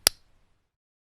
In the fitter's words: insert the new bulb into the socket you should feel it click